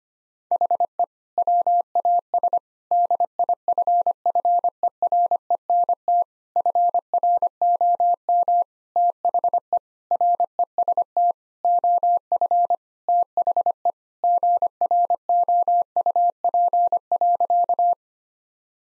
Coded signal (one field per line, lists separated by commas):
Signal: Morse code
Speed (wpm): 25 wpm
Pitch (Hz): 700 Hz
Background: none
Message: HE WAS DIFFERENT FROM THE REST OF THE GROUP.